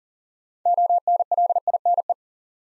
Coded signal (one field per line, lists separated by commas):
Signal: Morse code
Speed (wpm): 40 wpm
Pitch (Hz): 700 Hz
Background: none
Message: ONLINE